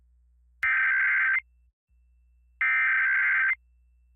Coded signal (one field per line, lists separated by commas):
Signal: Emergency Alert System (SAME) tones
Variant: header bursts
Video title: ChrisVision: EAS National Periodic Test NPT - 10/4/2023 2:20 PM, version 1